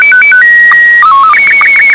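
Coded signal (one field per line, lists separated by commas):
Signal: SSTV (slow-scan television)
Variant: Scottie 1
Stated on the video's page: Shortwave pirate station SSTV image received on 6930 kHz USB with a Perseus SDR in west Michigan.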